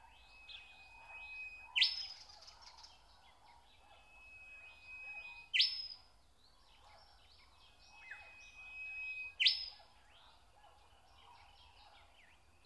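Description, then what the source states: Nightingale song: a drawn-out whistle followed by a harsh rising burst, given three times at intervals of about four seconds, against constant chirping from other birds. Song recorded in spring.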